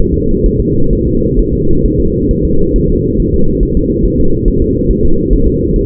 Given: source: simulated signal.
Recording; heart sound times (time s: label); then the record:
fetal heart sounds
0.14 s: S2
0.46 s: S1
0.60 s: S2
0.93 s: S1
1.07 s: S2
1.39 s: S1
1.53 s: S2
1.85 s: S1
2.00 s: S2
2.31 s: S1
2.45 s: S2
2.76 s: S1
2.90 s: S2
3.20 s: S1
3.34 s: S2
3.63 s: S1
3.77 s: S2
4.06 s: S1
4.20 s: S2
4.48 s: S1
4.62 s: S2
4.91 s: S1
5.05 s: S2
5.33 s: S1
5.48 s: S2
5.76 s: S1
From the record:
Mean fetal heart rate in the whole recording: 135 bpm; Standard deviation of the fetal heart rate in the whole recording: 3 bpm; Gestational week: 36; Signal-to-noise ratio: -17.7 dB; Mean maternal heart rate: 72 bpm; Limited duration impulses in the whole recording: present